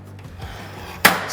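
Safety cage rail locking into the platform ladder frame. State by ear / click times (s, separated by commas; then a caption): seated / 1.1 s. After the thumb buttons are pressed on both sides, the metal safety cage rail of a platform ladder slides up into its upright position. A faint bump is heard at 0.2 s, then a sharp, loud metallic impact at 1.1 s as the rail locks into place in the ladder frame.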